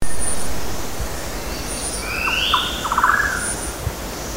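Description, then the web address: Golden-naped barbet giving a short burst of notes ending in a rapid rattle, with a low rumbling noise at the start and a brief higher chirping. Recorded on Mount Kinabalu, Bukit Ular, 14 August 2009. "MTKINABALUBUKITULAR 20090814. golden-naped barbet"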